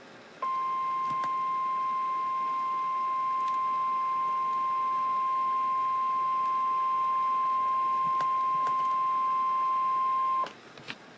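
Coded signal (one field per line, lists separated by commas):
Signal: Emergency Alert System (SAME) tones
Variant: 1050 Hz attention tone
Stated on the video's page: Real tropical storm warning with a triple header.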